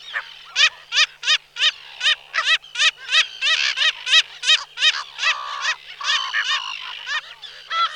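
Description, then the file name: Slender-billed gull calls: clipped nasal notes repeated about three per second, then longer drawn calls from more than one bird. "Racek tenkozoby Chroicocephalus genei"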